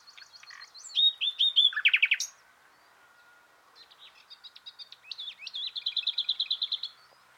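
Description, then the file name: Common nightingale song: a series of repeated clear notes, then a fast loud rattle, a pause, and a long run of rapid repeated notes. "Luscinia megarhynchos"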